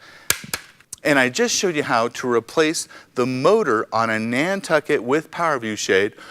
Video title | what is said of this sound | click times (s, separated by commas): How to Replace the Motor on a Nantucket with PowerView | put the front feature in lock the back around and we'll give you a positive click sound | 0.3 s